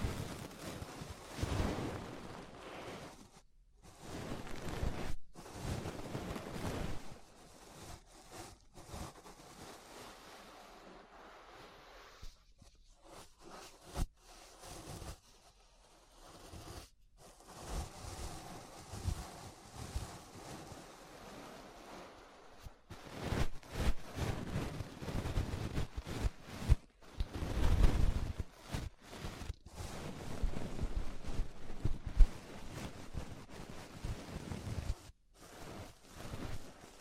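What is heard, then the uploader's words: Ear brushing, heard as soft, rushing strokes that swell and fade in an uneven rhythm. Dense, papery swishes with a deep, muffled rumble come in bursts, broken by brief silences near 4, 9, 13 and 17 seconds, then grow busier and louder after about 23 seconds. ASMR Relaxing 3Dio Ear Brushing (No Talking).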